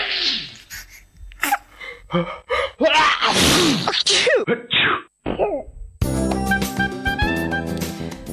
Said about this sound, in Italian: ma arriva lo starnuto liberatore, o meglio purificatore.